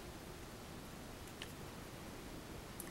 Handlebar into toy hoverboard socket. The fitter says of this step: might hear a snapping sound the first time you fit it in there but the fit just like that and so